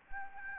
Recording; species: mosquito wingbeat signal from an infrared sensor; Anopheles gambiae